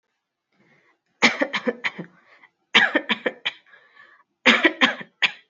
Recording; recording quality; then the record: shallow voluntary cough; excellent, no background noise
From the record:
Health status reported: healthy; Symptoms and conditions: none ticked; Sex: female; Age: 19 years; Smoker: not ticked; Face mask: not worn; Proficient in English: yes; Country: India